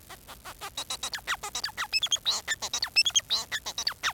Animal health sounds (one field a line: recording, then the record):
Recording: song of a male Bengalese finch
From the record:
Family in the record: son of father 4